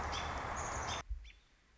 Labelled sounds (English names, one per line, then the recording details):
American Robin
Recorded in Sonoma County, California